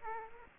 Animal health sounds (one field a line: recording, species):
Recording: mosquito wingbeat signal from an infrared sensor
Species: Aedes aegypti